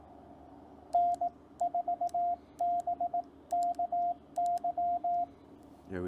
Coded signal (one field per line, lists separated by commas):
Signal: Morse code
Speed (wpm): 18 wpm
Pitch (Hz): 700 Hz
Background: speech, radio noise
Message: N4BKY